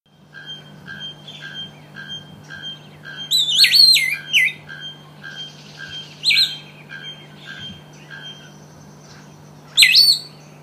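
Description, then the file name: Cinnamon-vented piha calling: loud, swooping whistled notes in bursts near four, six and ten seconds, over a steady series of short high tonal notes and a low constant hum. Recorded at Betari, São Paulo, Brazil. "Lipaugus-lanioides-Vl Betari-SP. ASilveira"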